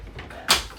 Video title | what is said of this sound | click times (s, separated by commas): 34H5 Georgetown GT5 (2022) | Sliding door and it locks in place. | 0.5 s